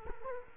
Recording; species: mosquito wingbeat signal from an infrared sensor; Culex quinquefasciatus